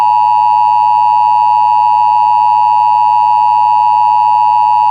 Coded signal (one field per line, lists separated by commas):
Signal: Emergency Alert System (SAME) tones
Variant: 853 and 960 Hz attention tone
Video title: EAS Recreation #1:Winter Storm Warning